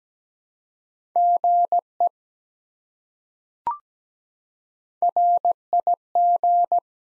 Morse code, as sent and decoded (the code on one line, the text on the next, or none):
--. . / .-. .. --.
GE RIG